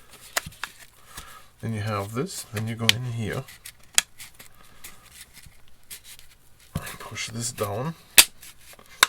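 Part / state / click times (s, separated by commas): plastic end piece with clips going into a portable Bluetooth speaker housing / seated / 9.0 s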